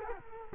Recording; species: mosquito wingbeat signal from an infrared sensor; Culex quinquefasciatus